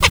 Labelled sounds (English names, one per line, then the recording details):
Zebra Finch tet call
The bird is a female
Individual fem9